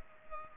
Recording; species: mosquito wingbeat signal from an infrared sensor; Culex pipiens